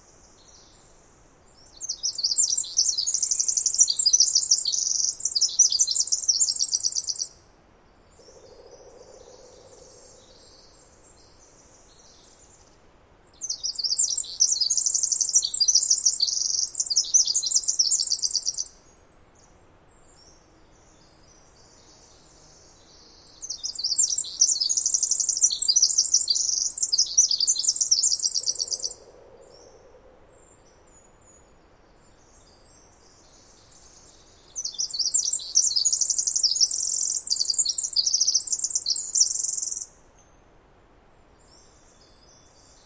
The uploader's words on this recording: The very loud Pacific Wren. Snider Jackson/ Rugged Ridge trail. A beautiful dawn chorus.